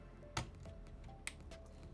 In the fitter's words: Hear that nice and clicked.